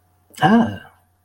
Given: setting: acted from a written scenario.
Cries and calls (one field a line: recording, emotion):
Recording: vocal sound without words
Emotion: pride